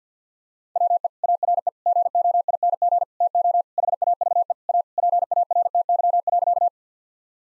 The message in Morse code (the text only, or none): WE ARE GOING TO HAVE A PARTY.